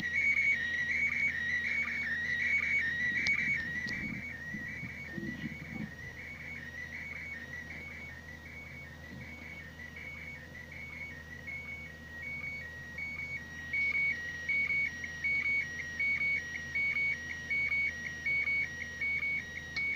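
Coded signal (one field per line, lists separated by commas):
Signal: SSTV (slow-scan television)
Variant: PD180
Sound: continuous warbling whistle-like tone shifting in pitch, with regular short low blips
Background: radio static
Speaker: on va voir ce que ça donne par contre au début je prévenir l'image est un peu tordu et offert mesure le logiciel veulent gérer et va leur remettre droit donc c'est parti alors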